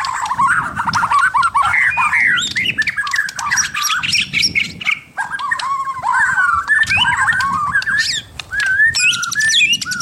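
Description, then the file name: White-rumped shama singing a dense, rapidly changing medley of whistled phrases, rolling trills and high clicks, with a short high buzzy flourish near the end. "suara murai batu mahkota"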